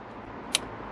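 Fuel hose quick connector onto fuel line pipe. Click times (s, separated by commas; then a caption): 0.6 s. A fuel hose quick connector on a Mini One/Cooper R50/R52 1.4/1.6 litre is pushed back onto the fuel line pipe. A single sharp click sounds at 0.5 s over a low steady background hum. The connector is seated and all good.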